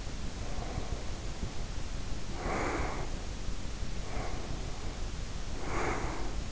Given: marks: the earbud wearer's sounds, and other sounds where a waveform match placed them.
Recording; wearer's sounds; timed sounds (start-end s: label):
sounds in sleep by an in-ear microphone; breath
0.29-3.41 s: breath
3.96-6.52 s: breath